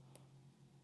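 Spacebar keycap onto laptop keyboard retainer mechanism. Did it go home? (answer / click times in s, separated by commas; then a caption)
no / none. A spacebar keycap is handled and wiggled on the plastic clips of a MacBook Pro laptop keyboard's retainer mechanism. A brief, faint tick sounds at 0.15 s over a steady low hum. Nothing has seated or clicked in yet.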